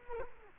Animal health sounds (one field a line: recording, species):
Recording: mosquito wingbeat signal from an infrared sensor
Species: Culex quinquefasciatus